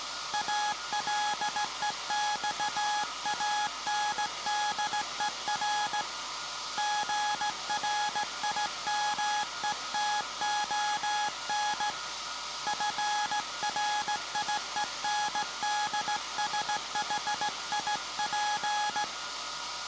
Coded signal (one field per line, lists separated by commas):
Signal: Morse code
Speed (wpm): 16 wpm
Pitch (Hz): 840 Hz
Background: none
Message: ALEXANDER GRIMETON FRIENDSHIP